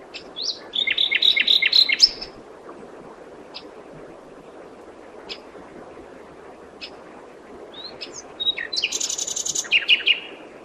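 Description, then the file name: Common nightingale song: a rich, rapidly pulsed trill opening the passage, sparse clicks and whistles, then another fast, buzzing, repeated-note phrase. "Luscinia megarhynchos"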